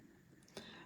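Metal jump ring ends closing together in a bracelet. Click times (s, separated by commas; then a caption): 0.6 s. Pliers push the two cut ends of a metal jump ring on a bracelet together, pressed a little harder than needed, and they meet with a sharp click at 0.6 s over a quiet background. The ring is closed, with no gap left between the two sides.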